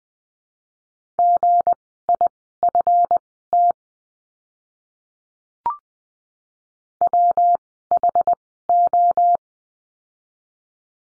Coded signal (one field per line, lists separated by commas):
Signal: Morse code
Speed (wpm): 20 wpm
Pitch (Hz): 700 Hz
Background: none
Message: GIFT WHO